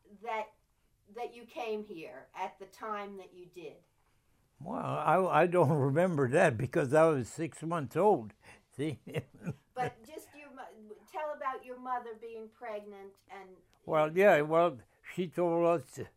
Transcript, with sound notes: that you came here at the time that you did.
I, I don't remember that because I was six months old, see. (laughs)
But just your mo-, tell about your mother being pregnant and...
Well, yeah, well, she told us...